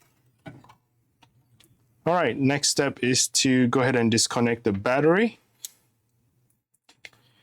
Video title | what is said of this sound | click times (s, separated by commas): MacBook Air A2179 Screen Replacement Guide - Full Teardown + DIY Fix | When you pry it open, you can hear that little click sound to that. | 1.2 s, 1.6 s